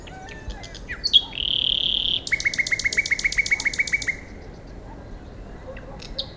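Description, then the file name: Common nightingale song with a steady whistled note followed by a long, even series of about fifteen rapid chirps, then quiet with faint notes. "Luscinia megarhynchos"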